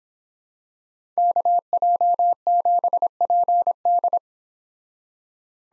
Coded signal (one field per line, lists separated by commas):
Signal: Morse code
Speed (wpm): 26 wpm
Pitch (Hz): 700 Hz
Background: none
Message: KJ7PD